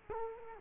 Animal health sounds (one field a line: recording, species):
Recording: mosquito wingbeat signal from an infrared sensor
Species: Culex quinquefasciatus